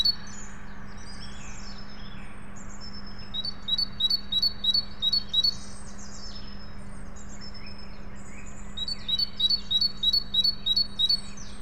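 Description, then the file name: Great tit singing two short bouts of quick two-note phrases separated by a pause, with faint calls of other birds and a steady low hum. "Parus major"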